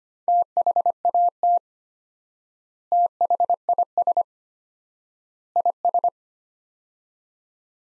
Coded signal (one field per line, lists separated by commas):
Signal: Morse code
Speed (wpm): 25 wpm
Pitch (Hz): 700 Hz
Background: none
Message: THAT THIS IS